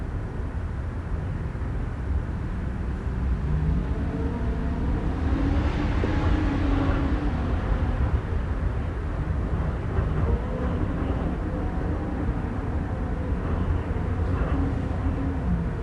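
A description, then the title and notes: Wind gusts roar across a city at night, a steady low rumble with a whistling tone that rises and falls in slow waves, swelling around the sixth second and again near the eleventh. Street traffic hums underneath, dense and continuous. Windy Night, Windy City. The normally ever-present hum of the busy downtown takes a backseat to gusts of wind howling past concrete and glass. From high above, the world vibrates and the street traffic below starts to fade in a cadence similar to that of the passing gale.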